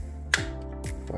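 A plastic latch on the housing of a PS5 DualSense controller shell is pried open to separate the cover during a battery replacement. A sharp plastic pop is heard at 0.3 s as the latch releases, followed by a couple of faint ticks, over steady background music.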